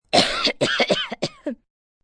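Five rough, wet-sounding cough bursts in quick succession: an acted sound effect of a dirty, phlegmy cough, as from a sick person.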